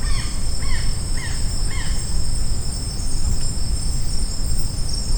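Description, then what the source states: Blue-naped parrot calls: four short, harsh arched notes repeated about every half second, over a steady high insect drone and low rumbling background noise. Recorded on Maratua.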